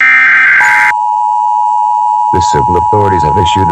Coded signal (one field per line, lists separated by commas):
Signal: Emergency Alert System (SAME) tones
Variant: 853 and 960 Hz attention tone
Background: speech